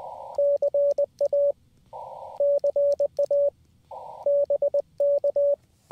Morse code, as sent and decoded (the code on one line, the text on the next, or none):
-.-. .- / -.-. .- / -... -.-
CA CA BK